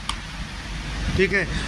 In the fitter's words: और इसमें खास बात है किय आपका ट्रिगर लॉक हो जाता है